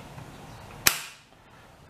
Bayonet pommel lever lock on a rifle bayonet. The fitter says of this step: which lifts up and then snaps into place.